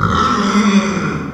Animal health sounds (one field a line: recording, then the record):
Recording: squeal of a Yucatan mini pig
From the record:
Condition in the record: after surgery on the right vocal fold (resection and tissue-engineered implant)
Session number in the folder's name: 15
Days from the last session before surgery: 175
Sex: female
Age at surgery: 19 weeks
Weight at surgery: 25 kg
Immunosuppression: prednisolone